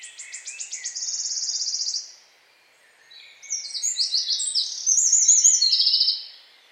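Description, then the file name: Eurasian wren song: a fast, high series of notes merging into a trill, a short pause, then a longer burst of shrill trills and warbles. "Troglodytes troglodytes"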